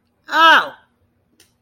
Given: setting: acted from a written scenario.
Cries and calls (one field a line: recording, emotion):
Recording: vocal sound without words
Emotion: anger